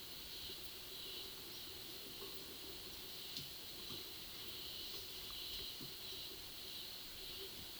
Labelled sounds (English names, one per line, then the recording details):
none
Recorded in pastures near Puerto Asís, Putumayo, Colombia, on 19 February 2024 at 11:00
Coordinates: 0.497, -76.327
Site G7276